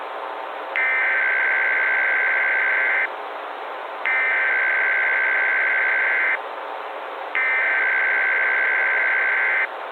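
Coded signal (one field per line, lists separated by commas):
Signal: Emergency Alert System (SAME) tones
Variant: header bursts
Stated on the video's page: Fictional scenario using valid EAS tones, made with software including eSpeak, ElevenLabs and NSTRS.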